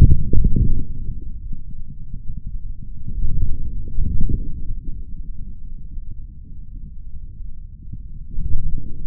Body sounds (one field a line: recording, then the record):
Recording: forearm muscle sounds (acoustic myography)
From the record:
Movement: forearm pronation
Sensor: system 3, bracelet of six PUI Audio POM-2738L microphones around the upper forearm, with dedicated amplification and filtering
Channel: 6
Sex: male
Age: 26 years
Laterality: right